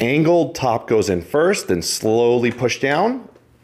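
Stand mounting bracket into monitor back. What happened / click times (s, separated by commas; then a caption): Handled, not yet seated: no latching click heard / none. Someone talks while fitting the monitor stand's mounting bracket into the back of a Samsung Odyssey G8 34-inch curved QD-OLED monitor, feeding the top lip of the mounting plate in at an angle before pushing it down. Only speech is heard, fading out at the end. Nothing has seated or clicked yet.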